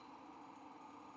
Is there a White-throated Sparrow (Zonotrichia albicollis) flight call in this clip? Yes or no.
no